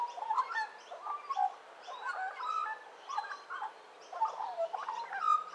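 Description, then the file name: Australian magpie carolling, a continuous jumble of fluted whistles and gurgling notes. Carolling, the magpie's song style. "Australian Magpie Gymnorhina Tibicen Carroling"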